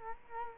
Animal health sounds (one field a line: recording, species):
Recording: mosquito wingbeat signal from an infrared sensor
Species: Culex quinquefasciatus